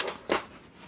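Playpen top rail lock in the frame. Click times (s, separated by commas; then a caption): 0.0 s. The top rail of a folding playpen with a plastic and metal frame is pushed up until its lock engages, and a sharp click sounds at 0.0 s. A second, louder and duller knock follows at about 0.3 s before the sound fades to quiet. The rail lock is seated.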